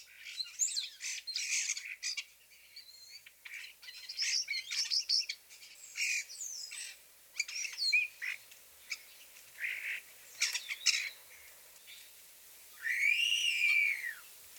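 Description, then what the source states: European Starlings singing: a jumble of squeaky squeals, clicks and garbled notes, ending in a rising-and-falling wolf whistle. Several starlings giving typical complex vocalizations: high-pitched squeaky squeals, wolf whistles, garbled clucks and clicks; wolf whistle notes aid recognition.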